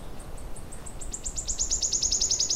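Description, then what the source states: Wood warbler song: very high, ticking notes that quicken and loudly accelerate into a dry, shivering trill, with low rumbling background noise. Spring around Mother's Day in Kirkkonummi, Finland; lush mixed grove of birch, alder, spruce and scattered pines; first birds arrive just before May Day, the main group after it by Mother's Day.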